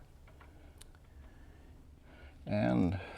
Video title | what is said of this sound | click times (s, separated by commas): Oil Change 2017 Volkswagen Golf Alltrack | and then a little click there | 0.8 s